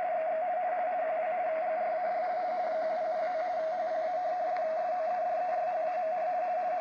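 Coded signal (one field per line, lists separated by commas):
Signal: RTTY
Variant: 50 baud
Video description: Seewetterbericht vom Deutschen Wetterdienst in Pinneberg - DDH47 - 147,3 kHz auf der Langwelle in RTTY 50 Baud.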